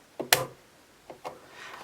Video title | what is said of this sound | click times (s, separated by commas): Cricut Snowflake Bulk Make Christmas Cards | actually does lift so make sure you lift it pop it in until it clicks | 0.3 s